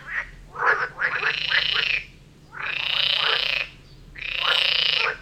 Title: Frog concert near Vellerner Brook in Neubeckum - 2pm